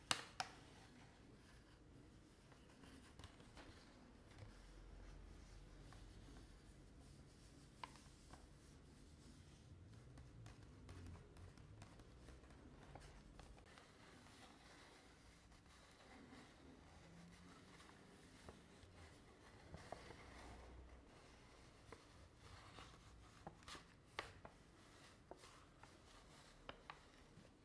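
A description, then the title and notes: Long nails tap and scratch at objects in a quiet, low-level stretch of sound. Soft rubbing and scraping runs fairly steadily, broken by sharp clicks and taps now and then, with a cluster of crisp taps near the end. ASMR Tapping and Scratching Sounds with Long Nails (Various Objects).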